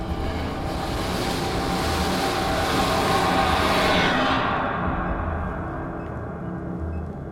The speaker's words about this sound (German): Während sich meine Augen an die Dunkelheit gewöhnten, spürte ich ein Vibrieren. Ein Zug näherte sich und fegte haarscharf an mir vorbei.